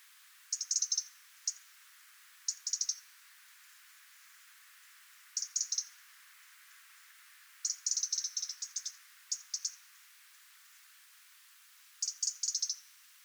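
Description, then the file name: European robin giving sharp, high ticking calls in short rapid bursts of several ticks, with one single tick early on and short pauses between. "Erithacus rubecula"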